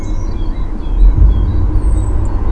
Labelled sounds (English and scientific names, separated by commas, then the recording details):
Song Thrush (Turdus philomelos)
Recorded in Germany
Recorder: ecoPi